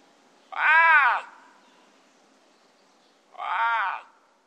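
Lynx giving two rich harmonic meowing calls, the second quieter.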